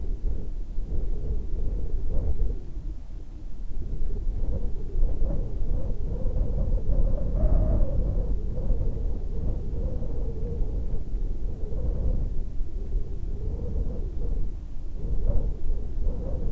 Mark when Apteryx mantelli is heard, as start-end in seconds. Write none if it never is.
none